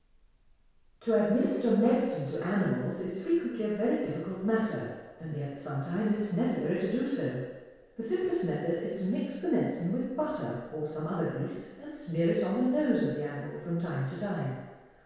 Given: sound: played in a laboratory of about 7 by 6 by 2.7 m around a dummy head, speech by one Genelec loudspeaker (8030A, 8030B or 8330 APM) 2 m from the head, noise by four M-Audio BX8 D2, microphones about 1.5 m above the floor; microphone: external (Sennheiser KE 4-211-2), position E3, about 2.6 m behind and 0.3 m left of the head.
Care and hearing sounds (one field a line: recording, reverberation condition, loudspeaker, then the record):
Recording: female speech in English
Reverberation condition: high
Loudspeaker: 120 degrees to the left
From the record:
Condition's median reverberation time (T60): about 1300 ms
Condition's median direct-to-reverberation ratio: about -4.0 dB